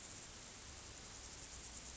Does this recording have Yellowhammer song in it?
no